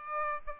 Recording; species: mosquito wingbeat signal from an infrared sensor; Aedes aegypti